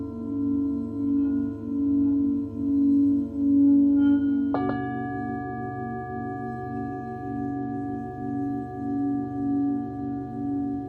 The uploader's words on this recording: Tibetan Singing Bowl. 深夜のメキシコより シンギングボウルの音色をお届けしました。